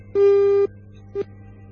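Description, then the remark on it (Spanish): A telephone line tone: one steady, buzzy mid-pitched beep lasting about half a second, a pause, then a much shorter beep, all over a low constant hum with no talking. “Para eso voy a pedir llamar por teléfono.”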